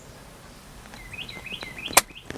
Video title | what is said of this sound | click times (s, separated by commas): HOW TO INSTALL THE ORBIT 960 UHD 4K DASH CAM STEP BY STEP INSTRUCTIONS DASH CAM INSTALLATION | and you heard that click | 2.0 s